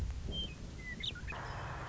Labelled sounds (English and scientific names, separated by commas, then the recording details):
Western Meadowlark (Sturnella neglecta)
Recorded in Sonoma County, California